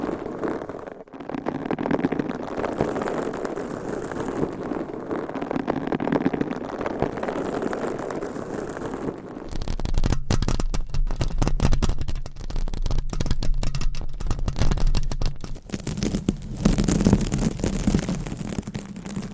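Close-up scratching on a microphone fills the recording, a dense, continuous rasp with soft rustling. Around nine seconds the texture changes abruptly to a harsher, brighter scraping with a steady low rumble underneath and rapid choppy clicks, louder and more uneven than before.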